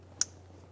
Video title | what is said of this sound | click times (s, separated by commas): How to Replace NC Speed Sensor 2007-2011 Toyota Camry | Push until you hear a click. | 0.2 s